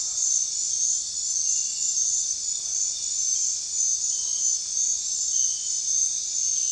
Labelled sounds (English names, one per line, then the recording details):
none
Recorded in dense forest near Puerto Asís, Putumayo, Colombia, on 23 June 2025 at 23:00
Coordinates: 0.466, -76.327
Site GP04